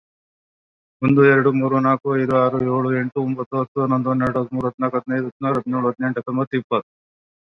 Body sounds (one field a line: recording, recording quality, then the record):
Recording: counting at a fast pace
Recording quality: excellent, no background noise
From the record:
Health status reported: COVID-19 positive, moderate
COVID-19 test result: positive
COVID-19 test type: RT-PCR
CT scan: not taken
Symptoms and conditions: breathing difficulty, fatigue, hypertension, diabetes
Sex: male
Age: 42 years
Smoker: yes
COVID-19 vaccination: both doses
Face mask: worn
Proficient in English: no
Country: India